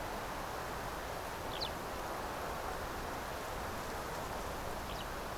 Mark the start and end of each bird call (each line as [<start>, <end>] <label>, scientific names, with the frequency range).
[1.50, 1.70] Alauda arvensis (2.5-6.1 kHz)
[4.89, 5.03] Alauda arvensis (2.3-6.1 kHz)